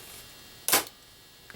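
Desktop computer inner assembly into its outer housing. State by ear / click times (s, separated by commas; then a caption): seated / 0.7 s. After a RAM swap, the inner assembly of a Mac mini desktop computer is pressed back into its outer housing until the shell snaps shut. A loud, sharp click sounds at 0.7 s, followed by a faint tick at 1.5 s. The housing is seated and closed.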